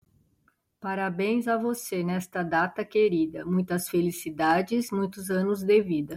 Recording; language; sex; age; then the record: short text; Brazilian Portuguese; female; 60 to 69 years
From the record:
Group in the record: control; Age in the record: 65 years